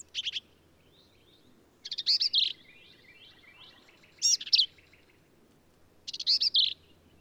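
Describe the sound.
Black-capped vireo song: four short phrases of buzzy, chattering notes, spaced roughly every two seconds with quiet gaps between.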